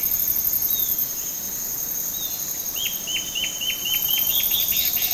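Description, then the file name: Bird delivering one brisk run of about ten short downward notes near the end, surrounded by steady high insect whine. "SABIOD 50 bird 2015"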